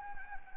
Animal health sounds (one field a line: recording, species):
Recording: mosquito wingbeat signal from an infrared sensor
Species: Anopheles gambiae